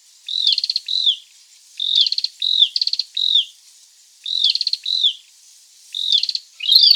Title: prenjk gnung. Cambodian Tailorbird (Orthotomus chaktomuk)